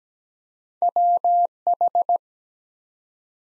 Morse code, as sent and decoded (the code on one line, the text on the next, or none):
.-- ....
WH